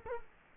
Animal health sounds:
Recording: mosquito wingbeat signal from an infrared sensor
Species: Culex quinquefasciatus

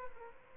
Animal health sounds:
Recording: mosquito wingbeat signal from an infrared sensor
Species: Aedes albopictus

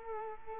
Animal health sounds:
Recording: mosquito wingbeat signal from an infrared sensor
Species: Culex quinquefasciatus

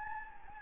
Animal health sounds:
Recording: mosquito wingbeat signal from an infrared sensor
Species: Anopheles gambiae

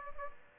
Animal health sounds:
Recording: mosquito wingbeat signal from an infrared sensor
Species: Aedes aegypti

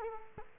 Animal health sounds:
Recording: mosquito wingbeat signal from an infrared sensor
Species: Culex quinquefasciatus

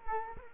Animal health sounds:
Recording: mosquito wingbeat signal from an infrared sensor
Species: Culex quinquefasciatus

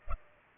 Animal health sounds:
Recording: mosquito wingbeat signal from an infrared sensor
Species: Culex pipiens

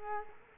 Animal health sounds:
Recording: mosquito wingbeat signal from an infrared sensor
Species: Culex quinquefasciatus

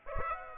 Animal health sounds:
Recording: mosquito wingbeat signal from an infrared sensor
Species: Aedes aegypti

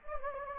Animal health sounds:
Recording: mosquito wingbeat signal from an infrared sensor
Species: Anopheles gambiae

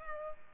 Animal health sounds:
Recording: mosquito wingbeat signal from an infrared sensor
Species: Culex pipiens

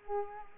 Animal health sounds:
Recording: mosquito wingbeat signal from an infrared sensor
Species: Culex quinquefasciatus

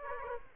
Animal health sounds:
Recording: mosquito wingbeat signal from an infrared sensor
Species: Aedes aegypti

